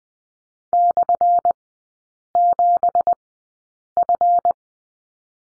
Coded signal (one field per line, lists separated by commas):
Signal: Morse code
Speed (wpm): 20 wpm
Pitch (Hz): 700 Hz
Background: none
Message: /7F